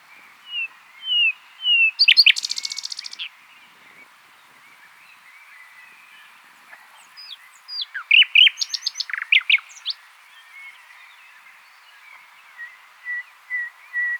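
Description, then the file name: Common nightingale song: whistled notes, a loud rapid rattling trill, quiet gap, then sharp varied chirping phrases and soft repeated whistles at the end. "Luscinia megarhynchos"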